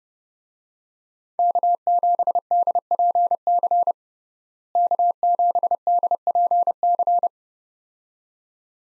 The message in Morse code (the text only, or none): K7DPC K7DPC